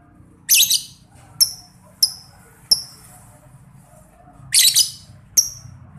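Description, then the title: Lovebird chirping: sharp, high, downward-sweeping chirps and a few longer raspy bursts, coming at uneven intervals. Master training recording for female lovebirds (labet), played so they quickly learn long ngekek trilling. "Kicau Lovebird SUPER GILA !!! Terapi Masteran LABET Terbaik Agar Labet Cepet NGEKEK PANJANG"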